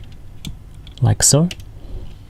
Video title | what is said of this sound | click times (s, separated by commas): MP-36 Masterpiece Megatron Transformation デストロメガトロン変換 | turn it in until you hear it click like | 0.5 s